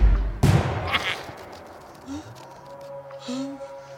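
A single loud rifle shot, fired by men aiming at a hare and killing a cow, cracks out sharply, its boom fading into a brief echoing tail, followed by quieter scattered rustles and faint high-pitched tonal sounds.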